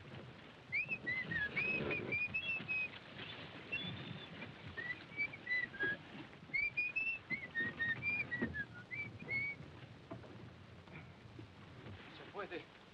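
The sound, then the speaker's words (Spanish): A person whistles to call up the wind when there is no breeze, a wavering, meandering tune in short rising and falling phrases, steady and fairly clear, over a constant rushing background noise. “Un poco más, silbaré y llamaré al viento.”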